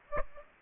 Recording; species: mosquito wingbeat signal from an infrared sensor; Aedes aegypti